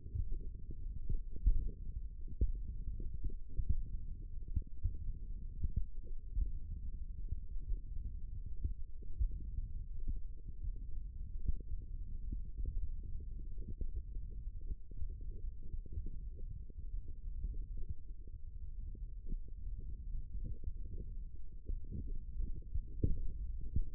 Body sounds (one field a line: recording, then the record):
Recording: forearm muscle sounds (acoustic myography)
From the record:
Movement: tripod grip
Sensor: system 1, eight BSWA MPA416 microphones around the upper forearm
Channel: 3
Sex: female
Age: 22 years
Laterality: right